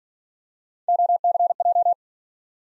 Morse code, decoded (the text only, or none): OCJ